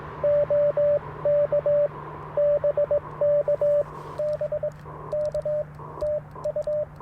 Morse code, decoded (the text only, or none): OK BK BK TU